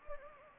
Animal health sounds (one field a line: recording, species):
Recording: mosquito wingbeat signal from an infrared sensor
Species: Anopheles gambiae